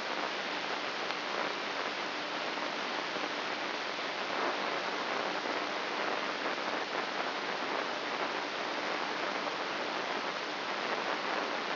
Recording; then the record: brain microelectrode recording played as sound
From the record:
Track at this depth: outside the subthalamic nucleus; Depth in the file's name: 3.044 mm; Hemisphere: left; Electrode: 3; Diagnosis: Parkinson's disease